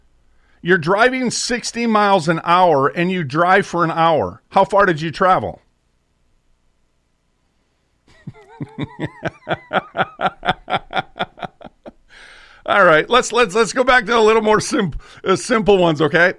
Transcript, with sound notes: You're driving 60 miles an hour and you drive for an hour. How far did you travel? (laughs) All right. Let's, let's, let's go back to a little more simp- uh, simple ones, okay?